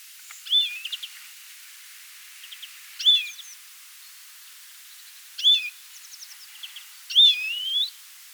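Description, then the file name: European greenfinch: four loud curling high notes spaced unevenly, some trailed by soft trills, over faint steady hiss. "Chloris chloris"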